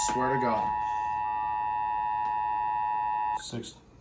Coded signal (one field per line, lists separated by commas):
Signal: Emergency Alert System (SAME) tones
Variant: 853 and 960 Hz attention tone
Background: speech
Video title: BIG TIME KWO35... EAS Alerts from 7/22-23/20 (EAS 3151-3228)